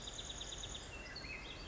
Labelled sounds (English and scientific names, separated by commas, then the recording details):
Chestnut-backed Chickadee (Poecile rufescens)
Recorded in Sonoma County, California